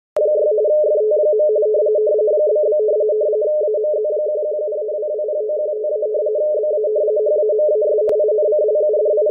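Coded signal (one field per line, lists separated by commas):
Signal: RTTY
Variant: 45 baud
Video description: Using a WebSDR and FLDIGI in RTTY-45 mode to decode the WLO marine weather report for the Caribbean and Atlantic waters.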